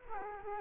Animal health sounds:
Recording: mosquito wingbeat signal from an infrared sensor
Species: Culex quinquefasciatus

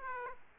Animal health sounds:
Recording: mosquito wingbeat signal from an infrared sensor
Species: Aedes aegypti

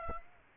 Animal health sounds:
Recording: mosquito wingbeat signal from an infrared sensor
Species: Aedes aegypti

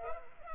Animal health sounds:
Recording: mosquito wingbeat signal from an infrared sensor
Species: Culex pipiens

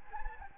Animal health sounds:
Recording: mosquito wingbeat signal from an infrared sensor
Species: Anopheles gambiae

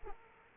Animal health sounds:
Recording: mosquito wingbeat signal from an infrared sensor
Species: Aedes aegypti

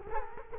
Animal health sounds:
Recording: mosquito wingbeat signal from an infrared sensor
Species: Culex quinquefasciatus

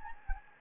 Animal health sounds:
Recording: mosquito wingbeat signal from an infrared sensor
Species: Anopheles gambiae

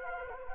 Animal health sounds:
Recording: mosquito wingbeat signal from an infrared sensor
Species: Anopheles gambiae

